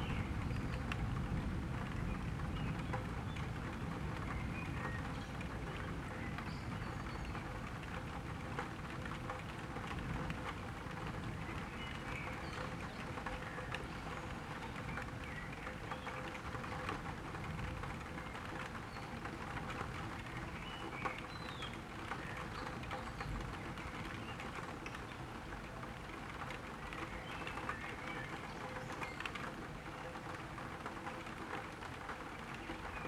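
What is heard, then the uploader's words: Rain patters steadily and densely on a tilted window, with a deep, rolling rumble of thunder underneath that is heaviest in the first few seconds and never fully fades. Faint, brief snatches of blackbird song surface now and then above the rain. Night rain in July with rumbling thunder and songs from a blackbird. Tickling rain on a tilted window, while thunder keeps rumbling regularly. A blackbird at the rooftop across the street is singing through the thunderstorm.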